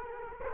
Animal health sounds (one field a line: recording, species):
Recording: mosquito wingbeat signal from an infrared sensor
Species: Culex quinquefasciatus